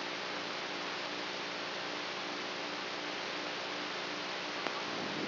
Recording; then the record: brain microelectrode recording played as sound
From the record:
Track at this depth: outside the subthalamic nucleus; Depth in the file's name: 1.406 mm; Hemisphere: right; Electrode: 3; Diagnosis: Parkinson's disease